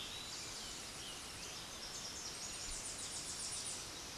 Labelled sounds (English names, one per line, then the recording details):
Tennessee Warbler song
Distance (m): 35 m
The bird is about 10 m above the microphone
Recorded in a Pennsylvania forest on 16 May 2024 at 06:11
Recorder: AudioMoth, point MSD-1368
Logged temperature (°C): 12.5 °C
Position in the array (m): 35 m, 57 m